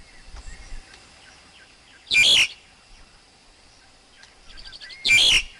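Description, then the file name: Black-collared Starling giving two loud, harsh, grating bursts, with faint high chirps between them. Wild forest bird's song, used for teaching young birds to sing. "Tieng chim ca cuong rung tap chim con hot"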